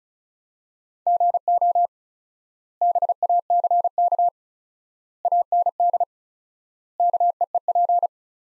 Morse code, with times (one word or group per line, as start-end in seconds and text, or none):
1.1-1.9 GO
2.8-4.3 BACK
5.2-6.0 AND
7.0-8.1 KEEP